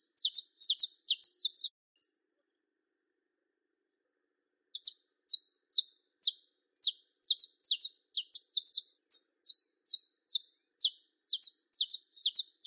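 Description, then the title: Belgian canary song: a quick flurry of high, sharp notes, a pause of about two and a half seconds, then a long stream of sharp repeated notes; no other sounds. Song of a pure-bred Belgian canary. "Canto Do Canário Belga Puro"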